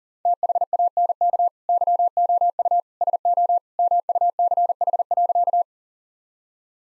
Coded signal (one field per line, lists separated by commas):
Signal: Morse code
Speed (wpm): 40 wpm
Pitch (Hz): 700 Hz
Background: none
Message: THANK YOU SO MUCH.